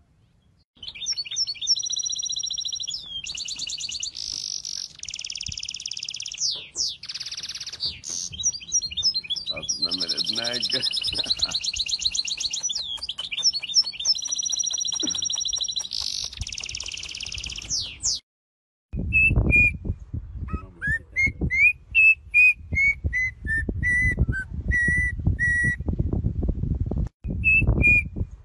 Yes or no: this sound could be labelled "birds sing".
yes